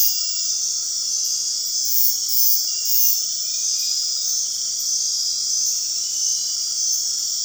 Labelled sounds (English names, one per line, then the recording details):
none
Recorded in dense forest near Puerto Asís, Putumayo, Colombia, on 18 February 2024 at 21:30
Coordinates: 0.499, -76.324
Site G6469